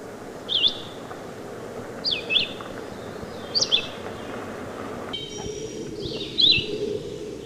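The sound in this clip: Red-eyed vireo song, short slurred whistled phrases with pauses between them; a steady high tone joins later.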